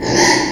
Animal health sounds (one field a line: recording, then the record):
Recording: squeal of a Yucatan mini pig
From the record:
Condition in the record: before surgery on the right vocal fold (resection and tissue-engineered implant)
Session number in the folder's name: 1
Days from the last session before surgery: -3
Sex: male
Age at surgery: 12 weeks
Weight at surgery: 13 kg